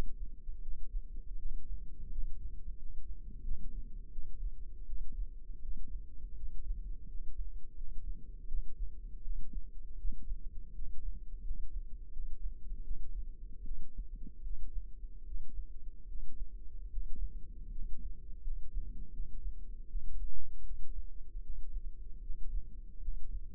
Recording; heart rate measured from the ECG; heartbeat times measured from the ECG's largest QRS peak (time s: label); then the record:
heart sounds by microphone in the left ear; 80 bpm
0.59 s: heartbeat
1.36 s: heartbeat
2.08 s: heartbeat
2.75 s: heartbeat
3.41 s: heartbeat
4.09 s: heartbeat
4.84 s: heartbeat
5.59 s: heartbeat
6.33 s: heartbeat
7.05 s: heartbeat
7.73 s: heartbeat
8.45 s: heartbeat
9.21 s: heartbeat
9.95 s: heartbeat
10.72 s: heartbeat
11.40 s: heartbeat
12.09 s: heartbeat
12.81 s: heartbeat
13.62 s: heartbeat
14.41 s: heartbeat
15.23 s: heartbeat
16.05 s: heartbeat
16.88 s: heartbeat
17.68 s: heartbeat
18.40 s: heartbeat
19.10 s: heartbeat
19.86 s: heartbeat
20.61 s: heartbeat
21.40 s: heartbeat
22.19 s: heartbeat
22.98 s: heartbeat
From the record:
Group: healthy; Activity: rest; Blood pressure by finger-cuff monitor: 95/53 mmHg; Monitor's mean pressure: 67 mmHg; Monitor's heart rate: 80 bpm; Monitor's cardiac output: 6.9 L/min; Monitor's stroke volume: 85 mL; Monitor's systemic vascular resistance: 690 dyn s/cm5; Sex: female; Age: 26 years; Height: 165 cm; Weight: 55 kg